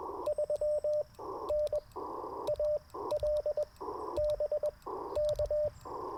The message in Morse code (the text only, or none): 3N AL BK